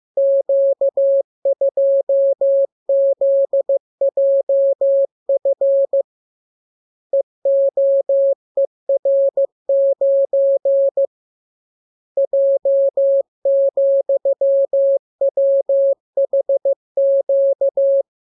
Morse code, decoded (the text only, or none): Q2ZJF EOER9 J,WHQ